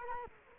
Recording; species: mosquito wingbeat signal from an infrared sensor; Culex quinquefasciatus